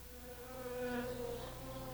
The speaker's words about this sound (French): Qu'est-ce que tu as? Une guêpe m'a piqué.